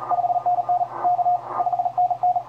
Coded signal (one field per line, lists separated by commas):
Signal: Morse code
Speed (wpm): 36 wpm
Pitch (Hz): 710 Hz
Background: radio noise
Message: 5NN K 5NN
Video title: QRPer vs Maniacs & Savages: QRP in the 2020 ARRL Intl. DX CW test – part 1 of 2